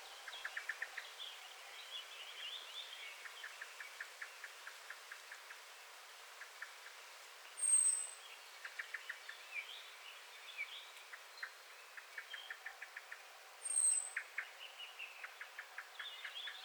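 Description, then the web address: Common blackbird calls: bursts of short, clicking chink notes repeated rapidly, with two thin high whistles about six seconds apart and a faint background hiss. "SETE Turdus merula"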